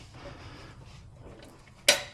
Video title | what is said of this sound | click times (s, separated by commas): How to Build a Subaru WRX STI (EJ20/25) Comprehensive Guide (POV) | we're going to take the clutch Fork here and we're going to push it and we want to listen for a click | 1.9 s